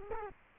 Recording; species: mosquito wingbeat signal from an infrared sensor; Culex quinquefasciatus